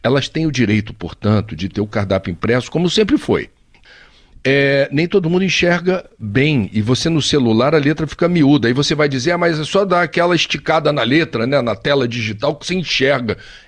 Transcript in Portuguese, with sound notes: Elas têm o direito, portanto, de ter o cardápio impresso, como sempre foi. (pausa que indica hesitação) nem todo mundo enxerga bem e você no celular, a letra fica miúda e você vai dizer, mas é só dar aquela esticada na letra, na tela digital que cê enxerga.